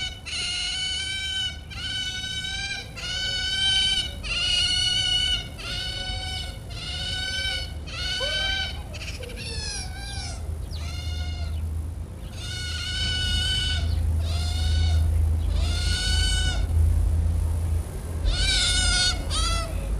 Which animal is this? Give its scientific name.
Lutra lutra